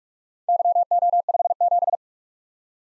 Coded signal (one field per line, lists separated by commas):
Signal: Morse code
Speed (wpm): 44 wpm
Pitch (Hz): 700 Hz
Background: none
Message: YO57